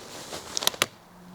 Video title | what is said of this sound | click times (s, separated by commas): Silver Cross Breez, Nia & Cove 2 Bassinet Setup Guide - Fold & Unfold Correctly | I actually heard 2 clicks. | 0.7 s, 0.8 s